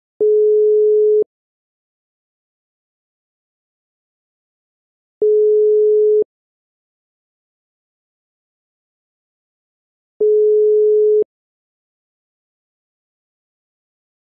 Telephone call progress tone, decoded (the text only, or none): ringback tone